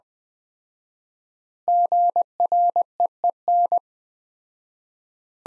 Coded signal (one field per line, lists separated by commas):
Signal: Morse code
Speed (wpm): 20 wpm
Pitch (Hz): 700 Hz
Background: none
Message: GREEN